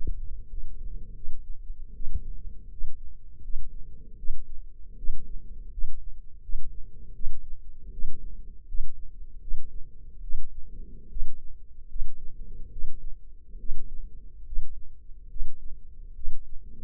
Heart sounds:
heart sounds by microphone in the left ear; 77 bpm
0.51 s: heartbeat
1.16 s: heartbeat
1.95 s: heartbeat
2.72 s: heartbeat
3.43 s: heartbeat
4.18 s: heartbeat
4.98 s: heartbeat
5.72 s: heartbeat
6.43 s: heartbeat
7.15 s: heartbeat
7.92 s: heartbeat
8.68 s: heartbeat
9.41 s: heartbeat
10.23 s: heartbeat
11.10 s: heartbeat
11.89 s: heartbeat
12.71 s: heartbeat
13.59 s: heartbeat
14.46 s: heartbeat
15.30 s: heartbeat
16.15 s: heartbeat
From the record:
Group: healthy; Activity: rest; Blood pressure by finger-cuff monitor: 140/75 mmHg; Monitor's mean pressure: 95 mmHg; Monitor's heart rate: 76 bpm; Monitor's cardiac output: 6.5 L/min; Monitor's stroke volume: 86 mL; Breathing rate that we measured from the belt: 21 breaths a minute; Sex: male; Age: 35 years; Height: 178 cm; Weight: 64 kg

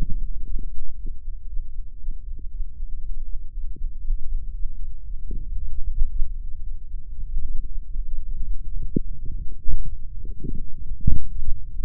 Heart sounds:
heart sounds by microphone in the right ear; 117 bpm
0.44 s: heartbeat
0.95 s: heartbeat
1.47 s: heartbeat
1.98 s: heartbeat
2.50 s: heartbeat
3.01 s: heartbeat
3.52 s: heartbeat
4.02 s: heartbeat
4.52 s: heartbeat
5.03 s: heartbeat
5.55 s: heartbeat
6.07 s: heartbeat
6.61 s: heartbeat
7.14 s: heartbeat
7.65 s: heartbeat
8.16 s: heartbeat
8.67 s: heartbeat
9.18 s: heartbeat
9.70 s: heartbeat
10.22 s: heartbeat
10.73 s: heartbeat
11.23 s: heartbeat
11.73 s: heartbeat
From the record:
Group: healthy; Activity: cold pressor test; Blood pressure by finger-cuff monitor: 113/82 mmHg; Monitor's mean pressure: 92 mmHg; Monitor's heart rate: 117 bpm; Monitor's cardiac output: 8.8 L/min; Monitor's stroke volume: 75 mL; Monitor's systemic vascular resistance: 770 dyn s/cm5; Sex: female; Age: 19 years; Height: 163 cm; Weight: 51 kg

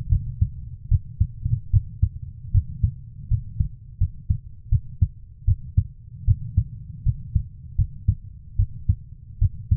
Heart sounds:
heart sounds by stethoscope; 77 bpm
0.09 s: heartbeat
0.89 s: heartbeat
1.71 s: heartbeat
2.52 s: heartbeat
3.28 s: heartbeat
3.98 s: heartbeat
4.69 s: heartbeat
5.45 s: heartbeat
6.25 s: heartbeat
7.03 s: heartbeat
7.76 s: heartbeat
8.56 s: heartbeat
9.39 s: heartbeat
From the record:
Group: healthy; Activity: rest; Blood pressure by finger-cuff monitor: 122/75 mmHg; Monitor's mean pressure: 93 mmHg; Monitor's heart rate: 75 bpm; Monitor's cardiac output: 6.5 L/min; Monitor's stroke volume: 84 mL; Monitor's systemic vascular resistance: 1060 dyn s/cm5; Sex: female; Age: 24 years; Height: 163 cm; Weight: 55.7 kg

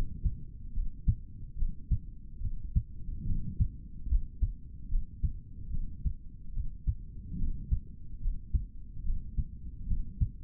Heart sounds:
heart sounds by stethoscope; 72 bpm
0.73 s: heartbeat
1.56 s: heartbeat
2.40 s: heartbeat
3.25 s: heartbeat
4.08 s: heartbeat
4.89 s: heartbeat
5.70 s: heartbeat
6.52 s: heartbeat
7.37 s: heartbeat
8.20 s: heartbeat
9.03 s: heartbeat
9.86 s: heartbeat
From the record:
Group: healthy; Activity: cold pressor test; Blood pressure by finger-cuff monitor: 108/57 mmHg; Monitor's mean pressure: 71 mmHg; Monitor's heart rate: 72 bpm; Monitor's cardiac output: 4.3 L/min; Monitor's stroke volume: 59 mL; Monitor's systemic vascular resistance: 1200 dyn s/cm5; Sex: male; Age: 55 years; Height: 167 cm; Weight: 57.2 kg

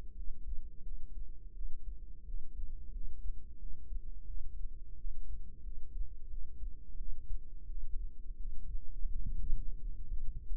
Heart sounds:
heart sounds by microphone in the right ear; 87 bpm
0.15 s: heartbeat
0.82 s: heartbeat
1.53 s: heartbeat
2.25 s: heartbeat
2.91 s: heartbeat
3.58 s: heartbeat
4.26 s: heartbeat
4.95 s: heartbeat
5.63 s: heartbeat
6.29 s: heartbeat
6.96 s: heartbeat
7.66 s: heartbeat
8.36 s: heartbeat
9.10 s: heartbeat
9.80 s: heartbeat
10.46 s: heartbeat
From the record:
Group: healthy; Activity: rest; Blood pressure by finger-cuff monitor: 81/42 mmHg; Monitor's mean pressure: 59 mmHg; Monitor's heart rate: 88 bpm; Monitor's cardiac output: 9.1 L/min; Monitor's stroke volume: 104 mL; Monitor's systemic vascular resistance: 450 dyn s/cm5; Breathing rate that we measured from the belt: 19 breaths a minute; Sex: female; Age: 22 years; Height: 161 cm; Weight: 65.5 kg

